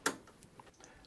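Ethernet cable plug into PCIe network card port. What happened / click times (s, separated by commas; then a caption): The network cable plug clicked into its port / 0.1 s. An RJ45 Ethernet cable plug is pushed into the port on a newly installed Nicgiga NIC-2.5G PCIe 2.5GbE network card. It seats with one sharp, bright click at 0.1 s. A few much fainter small ticks follow through the rest of the second.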